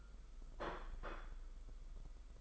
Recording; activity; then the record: daily activity, microphone in the room; place plate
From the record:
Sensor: 5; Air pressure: 991.0 hPa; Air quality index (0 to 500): 137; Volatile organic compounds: 93 ppm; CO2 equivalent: 3703 ppm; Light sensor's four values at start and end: 38/119/45/49 and 38/119/45/49